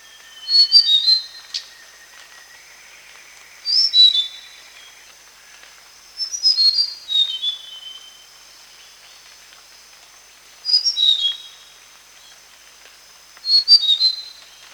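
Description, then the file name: Flycatcher calling with short bursts of high, sweet whistled notes that tumble downward, five bursts spaced a few seconds apart, over a lower rising whistle early on. Flycatcher recorded in Kalimantan. "sikatan kalimantan"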